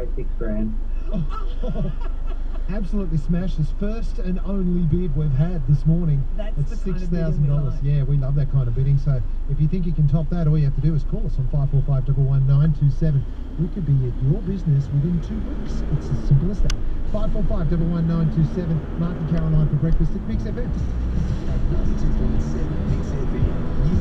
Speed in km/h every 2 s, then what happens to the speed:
0, 0, 0, 0, 0, 0, 0, 17, 26, 37, 47, 60.
0-12 standing. 12-22 pulls away to 60.